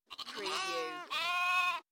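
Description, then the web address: Sheep: lamb bleating twice, a long wavering bleat, a brief break, then a second bleat; rich, buzzy tone with many harmonics. "beanstalk-audio Lamb bleating"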